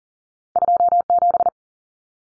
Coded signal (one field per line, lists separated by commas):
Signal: Morse code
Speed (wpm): 40 wpm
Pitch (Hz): 700 Hz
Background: none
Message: 27